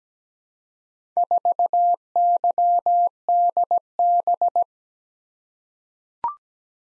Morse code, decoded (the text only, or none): 4YDB